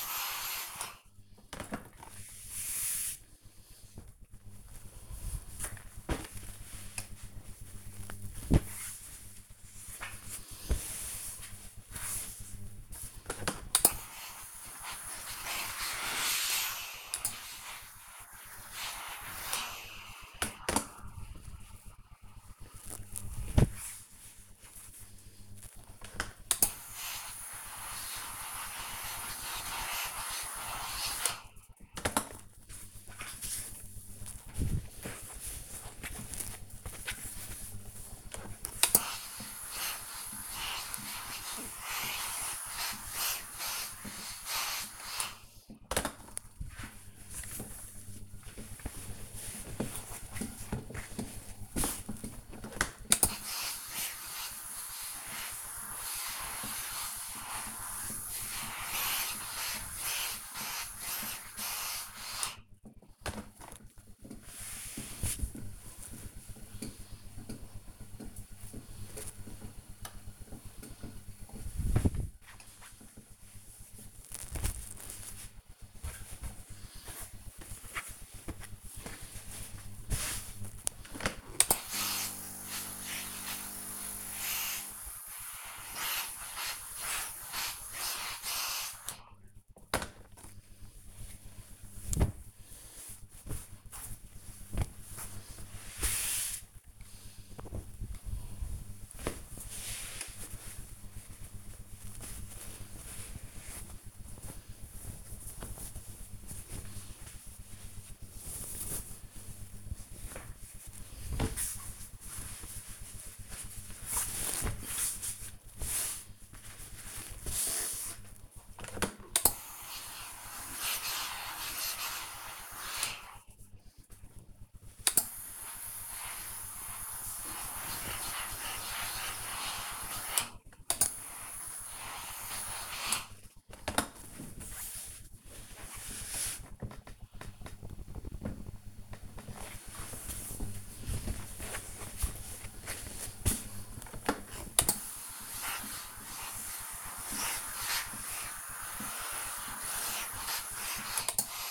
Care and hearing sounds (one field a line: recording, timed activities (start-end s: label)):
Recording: household activities, microphone on the right wrist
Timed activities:
0.00-1.98 s: ironing laundry
75.46-99.63 s: ironing laundry
117.72-151.71 s: ironing laundry